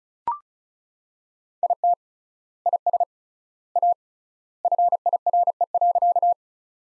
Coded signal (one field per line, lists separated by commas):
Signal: Morse code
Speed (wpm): 36 wpm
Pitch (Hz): 700 Hz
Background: none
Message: IT IS A FIRE.